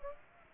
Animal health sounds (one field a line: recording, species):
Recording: mosquito wingbeat signal from an infrared sensor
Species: Aedes aegypti